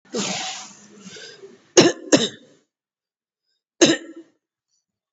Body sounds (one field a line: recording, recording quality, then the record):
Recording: shallow voluntary cough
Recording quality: excellent, no background noise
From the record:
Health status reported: COVID-19 positive, mild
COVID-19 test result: positive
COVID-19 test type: RT-PCR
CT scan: not taken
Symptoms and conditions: cough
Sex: male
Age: 33 years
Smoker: no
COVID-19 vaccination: one dose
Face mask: not worn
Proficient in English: yes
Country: India